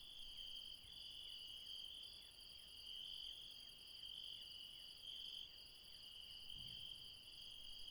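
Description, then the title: Insects chirping steadily in a dense night chorus, high continuous trilling bands with faint pulsing, a soft low thump near the end. Insects recorded late at night in the mountains at Refuge Krevatia, Barbala, Dion, Greece. "Refuge Krevatia, Μπαρμπαλά, Dion 601 00, Greece - Late night mountain insects"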